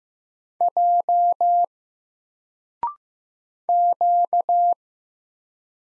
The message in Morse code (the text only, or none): J Q